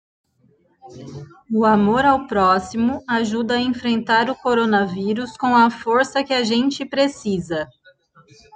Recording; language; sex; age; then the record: spoken sentence; Brazilian Portuguese; female; 40 to 49 years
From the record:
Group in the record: control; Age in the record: 40 years